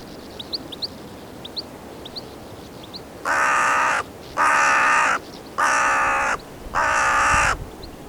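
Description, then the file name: Carrion crow calling four drawn-out, hoarse caws in steady succession after a few seconds of faint high chirps. "Corvus corone"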